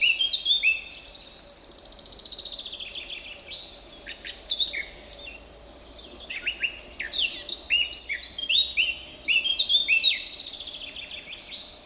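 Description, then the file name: Eurasian blackcap warbling: a quick opening burst, a quieter stretch, then a long rich phrase of tumbling fluty whistles. "Sylvia atricapilla"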